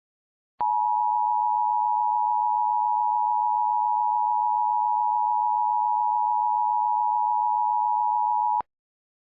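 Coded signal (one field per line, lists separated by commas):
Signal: Emergency Alert System (SAME) tones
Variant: 853 and 960 Hz attention tone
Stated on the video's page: EAS short, possibly with valid EAS tones, made for entertainment.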